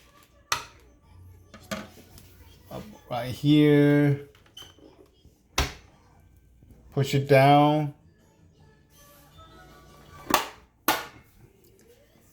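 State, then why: Seated. The plastic lid of a countertop vacuum sealing machine is pressed down onto its base until it latches shut. Someone talks between several sharp knocks, and a loud, sharp click at 10.9 s marks the lid seating in the base latch.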